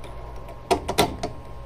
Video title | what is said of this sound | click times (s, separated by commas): How to use Infusible ink pens to make a coaster, Cricut Mystery box item | okay so now it's clicked in and i'm going to close clamp a | 0.7 s, 0.9 s, 1.0 s